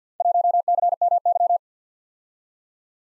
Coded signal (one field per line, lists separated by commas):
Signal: Morse code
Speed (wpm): 48 wpm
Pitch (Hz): 700 Hz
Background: none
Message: 1CMY